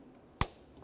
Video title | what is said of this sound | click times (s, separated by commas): How to Replace Hood Latch 2005-2010 Chevrolet Cobalt | once it's lined up go ahead and lock it in listen | 0.4 s